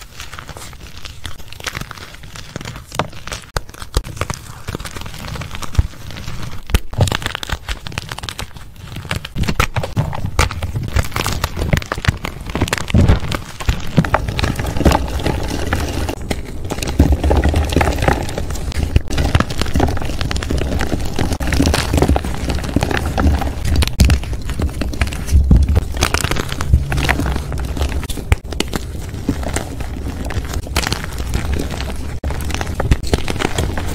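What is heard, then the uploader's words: Dense crunching of powder, a continuous crackly crinkle that grows fuller after the first ten seconds, with a low thudding underneath throughout. Audio only compilation of powder crunch asmr.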